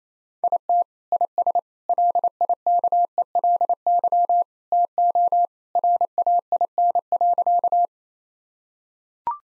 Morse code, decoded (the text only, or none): IT IS LIKELY TO RAIN.